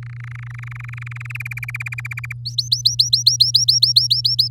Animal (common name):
Domestic Canary